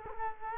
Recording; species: mosquito wingbeat signal from an infrared sensor; Culex quinquefasciatus